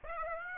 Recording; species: mosquito wingbeat signal from an infrared sensor; Aedes aegypti